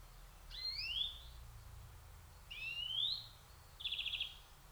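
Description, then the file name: European greenfinch calls: two rising, slightly buzzy whistled notes, then a short rapid trill of chattering notes near the end. "Chloris chloris"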